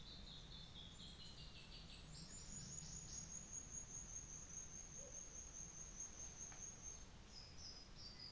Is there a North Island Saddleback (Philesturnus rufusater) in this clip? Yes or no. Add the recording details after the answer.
no. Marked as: faintness 1/5. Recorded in New Zealand on 24 December 2018. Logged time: 15:45